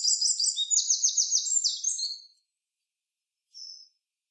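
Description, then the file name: Eurasian wren song, a loud high rapid run of trilled notes lasting about two seconds, then a short high note after a pause. "Troglodytes troglodytes"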